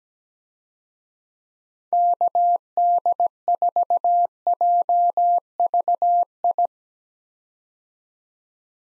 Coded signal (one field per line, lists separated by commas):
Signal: Morse code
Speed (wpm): 17 wpm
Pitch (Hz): 700 Hz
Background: none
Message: KD4JVI